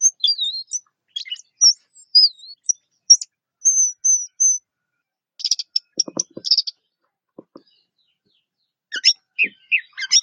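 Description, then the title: Orange-headed thrush song, wavering high whistles and chirps, a buzzy chattering stretch midway with soft clicking, then more high twittered notes. "Anis Merah"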